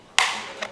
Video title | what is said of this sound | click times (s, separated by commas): This Simple Mistake Killed My Paint Sprayer | Something snapped there also. | 0.2 s